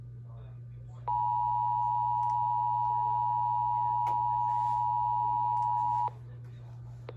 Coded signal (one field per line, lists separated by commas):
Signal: Emergency Alert System (SAME) tones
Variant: 853 and 960 Hz attention tone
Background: speech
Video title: EAS 876: LWX FLW